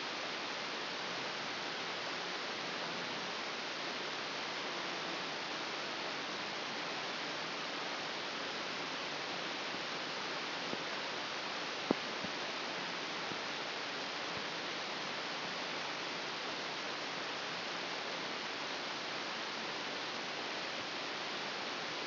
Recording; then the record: brain microelectrode recording played as sound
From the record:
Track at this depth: inside the subthalamic nucleus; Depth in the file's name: 1.539 mm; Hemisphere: left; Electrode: 3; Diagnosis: Parkinson's disease